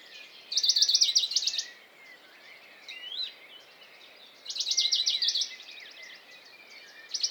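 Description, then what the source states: Western Bonelli's warbler song: dry, rapid trills of repeated high notes about a second long, two clear strophes, with other birds' thin whistles and chirps behind. Dawn chorus, 6 May 2020, Valmaravel, Drôme; unpaired bird fixed on a small pine branch, singing rapid courtship song to attract a female, unlike its usual spaced strophes while feeding; Nagra Seven, MKH40.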